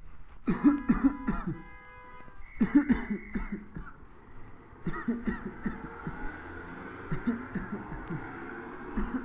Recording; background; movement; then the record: voluntary coughing; traffic; walking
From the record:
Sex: male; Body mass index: 21.0 kg/m2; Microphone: on the chest, facing the body